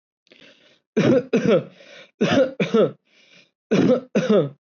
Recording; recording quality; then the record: heavy voluntary cough; excellent, no background noise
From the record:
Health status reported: COVID-19 positive, mild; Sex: male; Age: 24 years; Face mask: not worn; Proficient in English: yes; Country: India